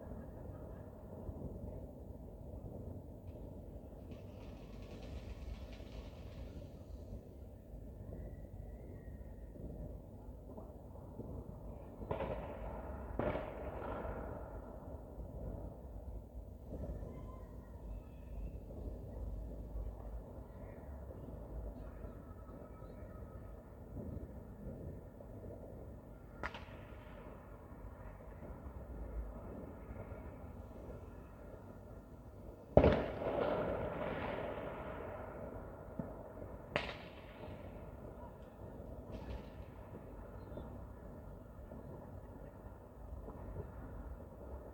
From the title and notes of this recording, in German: Silvesternacht: Feuerwerk und Freude. Erlebe die letzten Minuten bis Mitternacht und die erste Stunde des neuen Jahres!